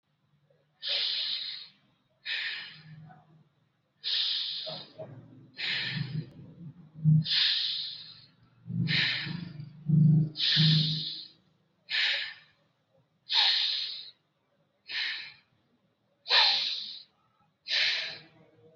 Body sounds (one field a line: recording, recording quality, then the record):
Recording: shallow breathing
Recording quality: excellent, no background noise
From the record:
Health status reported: exposed to COVID-19, no respiratory illness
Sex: male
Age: 44 years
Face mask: not worn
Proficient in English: yes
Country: India